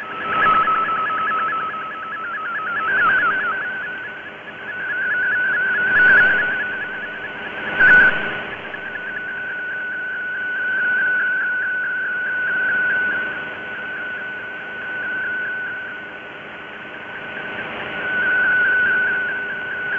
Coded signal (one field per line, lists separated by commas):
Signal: multi-tone FSK (Olivia or MFSK type)